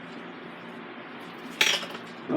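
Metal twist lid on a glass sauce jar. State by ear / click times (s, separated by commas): released / 1.6 s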